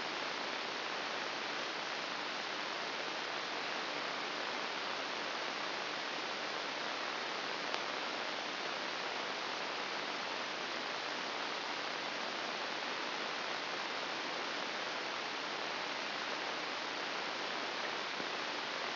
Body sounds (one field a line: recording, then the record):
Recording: brain microelectrode recording played as sound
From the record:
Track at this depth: inside the subthalamic nucleus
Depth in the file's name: 2.006 mm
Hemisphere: right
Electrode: 3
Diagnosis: Parkinson's disease